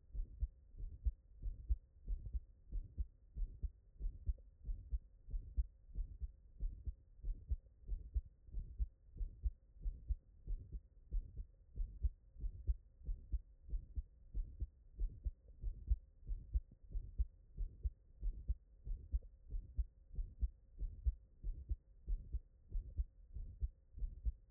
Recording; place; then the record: heart sounds by stethoscope; tricuspid valve (TV)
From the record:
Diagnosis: HFrEF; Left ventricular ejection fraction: 22%